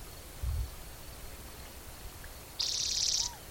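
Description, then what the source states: Spotted Towhee singing one buzzy trill, followed by a brief soft note, with a low bump early on and otherwise quiet surroundings. Individual number 8, Black's Creek, 16 June 2010, around 4:30 in the afternoon; vocalization 34 in a series counted aloud by the recordist.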